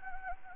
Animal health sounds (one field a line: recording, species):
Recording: mosquito wingbeat signal from an infrared sensor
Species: Anopheles gambiae